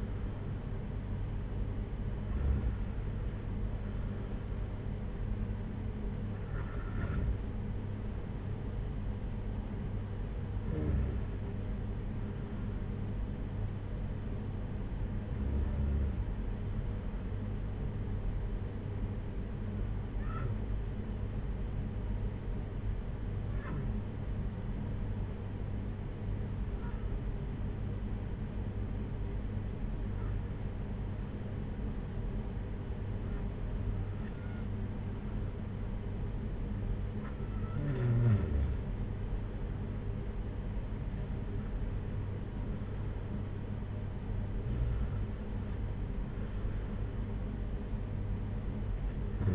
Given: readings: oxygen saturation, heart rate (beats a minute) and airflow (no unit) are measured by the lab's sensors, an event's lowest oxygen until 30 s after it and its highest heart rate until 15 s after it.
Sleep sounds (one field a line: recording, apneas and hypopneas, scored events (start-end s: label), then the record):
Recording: breathing in sleep by a smartphone at the bedside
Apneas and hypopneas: none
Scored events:
none scored
From the record:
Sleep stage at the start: N2 (light sleep)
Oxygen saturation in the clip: 92 to 95%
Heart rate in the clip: 55 to 62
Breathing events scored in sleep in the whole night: 226 in 8.8 hours asleep